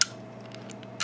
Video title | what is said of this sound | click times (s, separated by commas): Abus Buffo 28/70 picked | You feel that positive click when it locks up. | 0.0 s